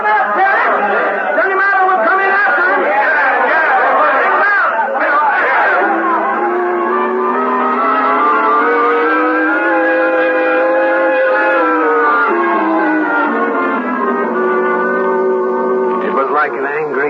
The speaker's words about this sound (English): Rising, falling, the shouting and muttering of the crowd milling around outside the jail in Weatherby, Arizona.